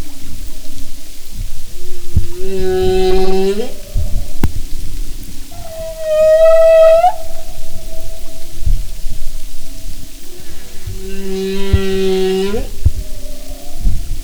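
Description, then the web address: Humpback whale song: three long harmonic moans, the first and last lower and buzzier, the middle a higher rising wail. "Sound and Marine Mammals humpback"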